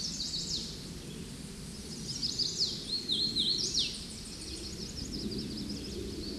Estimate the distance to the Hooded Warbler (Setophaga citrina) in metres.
about 15 m